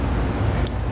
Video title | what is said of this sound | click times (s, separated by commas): etrailer - Curt Wiring Harness Installation - 2012 Dodge Grand Caravan | it's basically gonna be the same way we disconnected you're just going to match your plugs push them together till you hear it click | 0.7 s